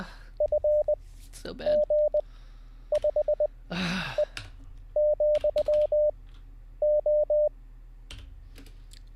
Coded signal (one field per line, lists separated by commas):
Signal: Morse code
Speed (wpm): 20 wpm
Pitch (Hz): 600 Hz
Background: speech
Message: F G 5 E , O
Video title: How To Learn Morse Code LIVE with N0SSC (Day 13)